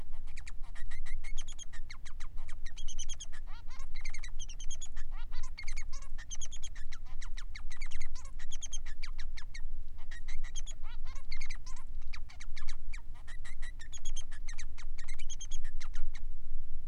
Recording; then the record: song of a male Bengalese finch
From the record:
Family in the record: son of father 3